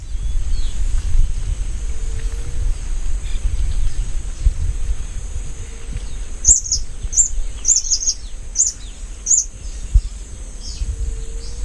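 Olive-spotted hummingbird calls: a short run of thin, very high chips bunched in the second half, with low rumbling background noise throughout.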